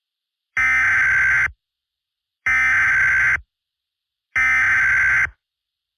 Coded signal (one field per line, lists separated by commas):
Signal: Emergency Alert System (SAME) tones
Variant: header bursts